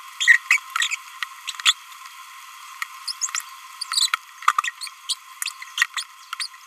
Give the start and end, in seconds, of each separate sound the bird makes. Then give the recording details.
0.21-0.37, 0.51-0.58, 0.76-0.95, 1.48-1.51, 1.66-1.73, 3.08-3.12, 3.22-3.30, 3.35-3.41, 3.92-4.08, 4.62-4.70, 4.81-4.88, 5.09-5.14, 5.78-5.86, 5.94-6.03, 6.40-6.46. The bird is a male. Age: 27 days. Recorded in a nest box in Venezuela. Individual 17B31A2